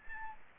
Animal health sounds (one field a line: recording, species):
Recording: mosquito wingbeat signal from an infrared sensor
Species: Aedes aegypti